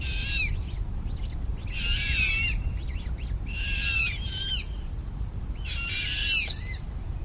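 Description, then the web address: Eurasian coot chicks giving loud, shrill squeaky bursts in four clear groups, each a tangle of high notes, with low rumbling underneath. Young birds. "linnut nokikana nuoret"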